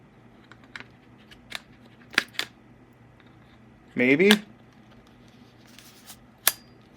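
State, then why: Seated. A plastic part is pushed back into its slot on a Flysky Noble NB4+ RC transmitter body, with a few small plastic knocks and taps before it. Someone talks briefly around 4 seconds. The part snaps home with a sharp click at 6.5 seconds and is seated.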